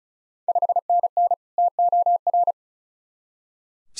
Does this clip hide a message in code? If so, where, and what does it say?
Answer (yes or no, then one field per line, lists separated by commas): yes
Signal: Morse code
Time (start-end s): 0.5-2.5 s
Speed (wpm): 36 wpm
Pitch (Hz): 700 Hz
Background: none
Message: 5NN TOR